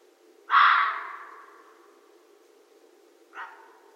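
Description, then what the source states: Red fox making a loud, harsh bark with a long fading tail, followed nearly three seconds later by a much shorter, softer bark. Recorded 13 January 2012.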